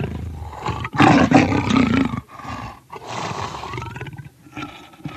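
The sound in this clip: Leopard rasping roar: a loud, harsh, throaty burst lasting about a second, followed by several quieter drawn-out rasps with short pauses between.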